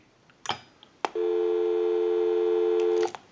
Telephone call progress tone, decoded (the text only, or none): dial tone